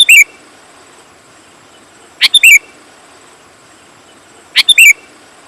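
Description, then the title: Sooty-headed bulbul singing quick whistled, bubbly phrases about every two seconds over a quiet background. "kutilang"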